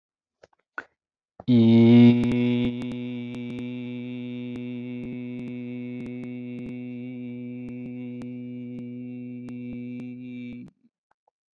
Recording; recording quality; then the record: sustained vowel as in beet; excellent, no background noise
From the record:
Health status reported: exposed to COVID-19, no respiratory illness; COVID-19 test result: negative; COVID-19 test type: RT-PCR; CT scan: taken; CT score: 5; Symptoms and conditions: none ticked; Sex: male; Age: 36 years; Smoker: yes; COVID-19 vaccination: one dose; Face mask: not worn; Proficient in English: yes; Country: India